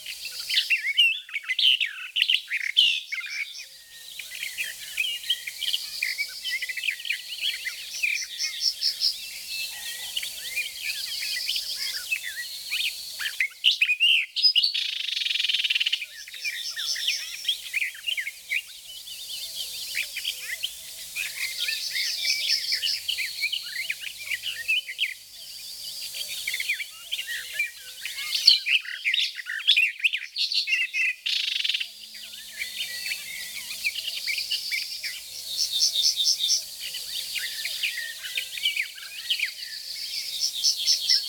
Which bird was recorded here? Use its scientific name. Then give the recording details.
Sylvia nisoria. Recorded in the wild. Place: Flögelner See, Baden-Württemberg, DE. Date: 1985-05-24. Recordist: Schwarz, Dieter. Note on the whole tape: Song